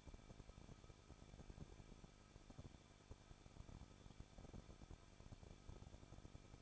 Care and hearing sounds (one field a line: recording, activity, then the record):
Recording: daily activity, microphone in the room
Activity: no activity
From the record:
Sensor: 5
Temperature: 20.8 degrees Celsius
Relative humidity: 38.3%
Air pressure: 1006.4 hPa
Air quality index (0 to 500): 190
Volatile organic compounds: 19 ppm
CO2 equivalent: 2672 ppm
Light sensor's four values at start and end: 2/3/1/1 and 2/3/1/1